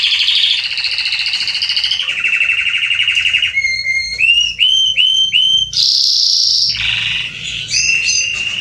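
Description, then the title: Belgian canary song mixing low buzzy rolls, a run of repeated rising slurred notes, and a bright high trill, changing phrase every second or two. Male Belgian canary singing a lot, meant to warm up and train young canaries. "Canary Training Esquente Seu Filhote E Canario Belga Em 30 Minutos Macho Cantando Muito. CANTO DO CANRIO"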